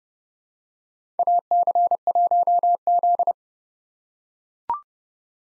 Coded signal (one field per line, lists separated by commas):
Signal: Morse code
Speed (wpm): 32 wpm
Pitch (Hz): 700 Hz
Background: none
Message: AC1Z